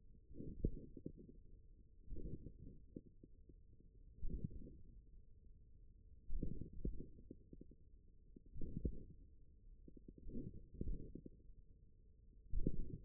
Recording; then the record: forearm muscle sounds (acoustic myography)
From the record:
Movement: tripod grip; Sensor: system 1, eight BSWA MPA416 microphones around the upper forearm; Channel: 7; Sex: male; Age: 41 years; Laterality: right